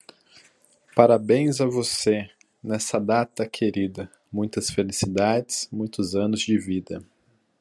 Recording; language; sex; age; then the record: short text; Brazilian Portuguese; male; 20 to 29 years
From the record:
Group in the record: control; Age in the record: 28 years